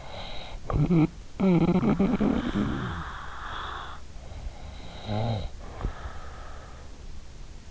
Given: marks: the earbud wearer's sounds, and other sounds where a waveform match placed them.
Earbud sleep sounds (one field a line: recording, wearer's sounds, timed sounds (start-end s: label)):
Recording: sounds in sleep by an in-ear microphone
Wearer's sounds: snoring breath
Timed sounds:
0.00-4.12 s: snoring breath
4.69-6.74 s: snoring breath